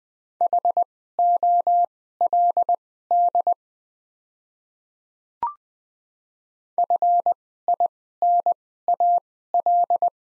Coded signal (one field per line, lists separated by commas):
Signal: Morse code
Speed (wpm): 20 wpm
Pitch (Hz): 700 Hz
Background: none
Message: HOLD FINAL